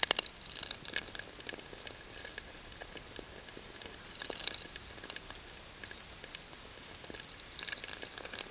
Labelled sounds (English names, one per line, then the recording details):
none
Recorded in dense forest near Puerto Asís, Putumayo, Colombia, on 19 March 2025 at 15:00
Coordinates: 0.484, -76.317
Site G064